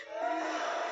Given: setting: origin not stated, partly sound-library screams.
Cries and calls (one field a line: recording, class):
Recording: one-second piece from a danger detection set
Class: woman in danger